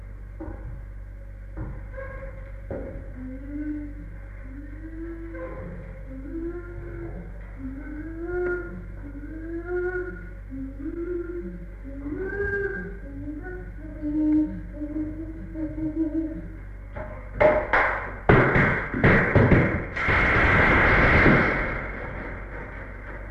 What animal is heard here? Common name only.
Chimpanzee